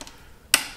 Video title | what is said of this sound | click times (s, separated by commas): Ignition Coil Replacement - Dodge Neon | it's tightened down I'll take my electrical connector plug it back in till I get a good click, | 0.5 s